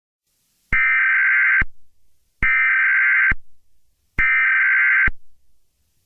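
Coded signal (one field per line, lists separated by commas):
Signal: Emergency Alert System (SAME) tones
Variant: header bursts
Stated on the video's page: Fictional EAS scenario, simulated alert about a killer clown rampage in London.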